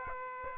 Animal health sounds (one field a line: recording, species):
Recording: mosquito wingbeat signal from an infrared sensor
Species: Aedes aegypti